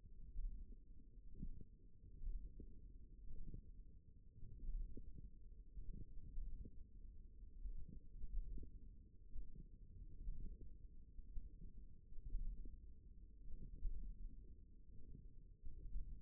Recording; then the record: forearm muscle sounds (acoustic myography)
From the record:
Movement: hand closing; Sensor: system 1, eight BSWA MPA416 microphones around the upper forearm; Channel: 1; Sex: female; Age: 21 years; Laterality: right